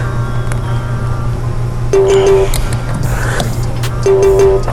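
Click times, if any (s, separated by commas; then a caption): none. A click-type torque wrench set to 20 ft-lb tightens the bottom lug nut on a car that is up on stands, not on the ground, since not all the tires are on and it can't be brought to full torque. A steady low hum runs throughout, with short knocks at about 0.5, 2.6 and 2.7 s and two bursts of a pulsing tone around 1.9–2.5 s and 4.1–4.6 s. The wrench has not clicked yet.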